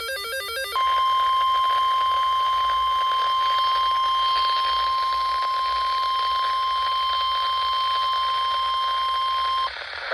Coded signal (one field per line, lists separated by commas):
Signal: Emergency Alert System (SAME) tones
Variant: 1050 Hz attention tone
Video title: August 2023 EAS Alerts (#1,866 - 1,889)